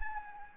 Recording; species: mosquito wingbeat signal from an infrared sensor; Anopheles gambiae